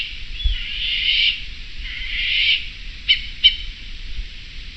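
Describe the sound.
Bird calls, two long harsh broad notes, then two short sharp notes near the end, over a low rumble.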